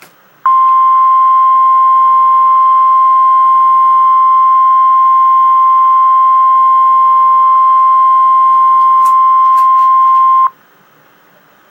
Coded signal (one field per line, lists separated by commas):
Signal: Emergency Alert System (SAME) tones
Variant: 1050 Hz attention tone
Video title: REAL EAS 676-Flash flood warning